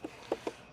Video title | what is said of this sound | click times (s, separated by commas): How to Install Takeda Stage-2 Intake for Kia K5 1.6L (t) + Sound Clip | We're gonna go ahead and firmly push down until everything locks in place, just like that. | 0.3 s, 0.5 s